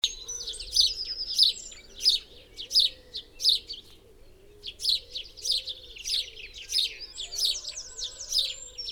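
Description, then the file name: House sparrow chirps, short bright notes repeated in loose bursts. "Passer domesticus"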